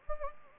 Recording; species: mosquito wingbeat signal from an infrared sensor; Anopheles gambiae